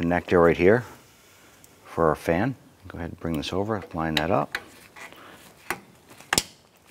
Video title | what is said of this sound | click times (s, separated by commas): How to Replace Radiator 2004-2008 Acura TL | press it in you'll hear a click | 6.3 s